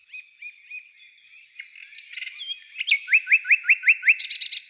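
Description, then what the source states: Common nightingale giving soft spaced whistles, then a scratchy passage and a loud series of about six sweeping notes repeated quickly, ending in buzzy clicks. Song described as a nightingale trill.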